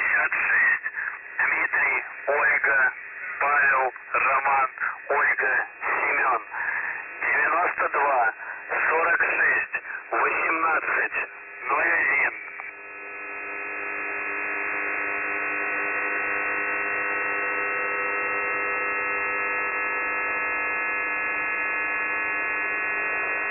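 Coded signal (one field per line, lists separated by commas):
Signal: numbers station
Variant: UVB-76, Russian voice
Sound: male voice reading short words over radio, then a continuous droning buzz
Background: radio static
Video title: The Buzzer/ UVB-76 Voice Message (January 20, 2021, 12:04 UTC)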